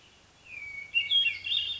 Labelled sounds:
Hermit Thrush (Catharus guttatus)

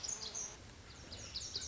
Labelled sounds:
Lazuli Bunting (Passerina amoena)

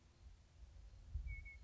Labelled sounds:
Western Meadowlark (Sturnella neglecta)

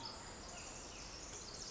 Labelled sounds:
Pacific Wren (Troglodytes pacificus)

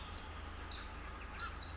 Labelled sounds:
Pacific Wren (Troglodytes pacificus)

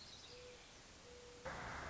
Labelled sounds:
Mourning Dove (Zenaida macroura)

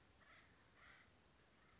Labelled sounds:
Acorn Woodpecker (Melanerpes formicivorus)

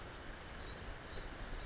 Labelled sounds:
Blue-gray Gnatcatcher (Polioptila caerulea)

